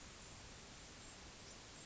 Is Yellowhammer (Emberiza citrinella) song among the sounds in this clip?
no